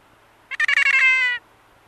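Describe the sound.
Kea call: a quick burst of stuttering pulses running into a long, gently falling nasal wail, loud and rich in overtones.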